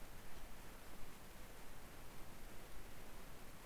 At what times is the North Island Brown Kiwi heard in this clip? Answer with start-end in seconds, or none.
none